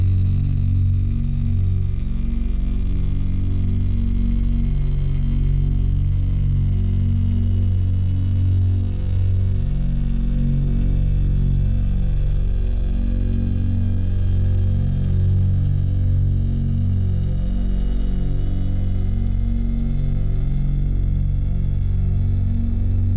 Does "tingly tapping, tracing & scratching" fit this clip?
no